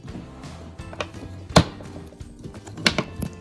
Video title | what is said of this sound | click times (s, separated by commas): KIDKRAFT ADVENTURE TOWN RAILWAY - TRAIN TABLE ASSEMBLY | And they just pop into place, right? Yep. | 2.9 s